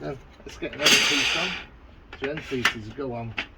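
Someone talks while handling an end piece for a modular camping table frame, with a burst of scraping handling noise from about 0.8 to 1.6 s. The end piece has not yet clicked into place on the frame; nothing has seated.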